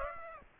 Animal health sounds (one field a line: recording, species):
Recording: mosquito wingbeat signal from an infrared sensor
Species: Aedes aegypti